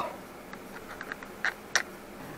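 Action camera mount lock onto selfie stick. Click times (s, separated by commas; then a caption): 1.5 s, 1.8 s. An action camera mount lock is fastened onto a selfie stick. A series of soft ticking clicks is followed by two louder sharp clicks at 1.5 s and 1.8 s. The mount lock is seated on the selfie stick.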